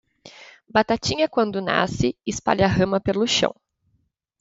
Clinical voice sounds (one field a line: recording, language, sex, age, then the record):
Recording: short text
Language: Brazilian Portuguese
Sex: female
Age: 20 to 29 years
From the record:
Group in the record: control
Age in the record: 28 years